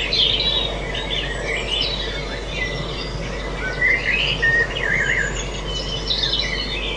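Birdsong with busy high twitters and chirped phrases, over continuous low hiss.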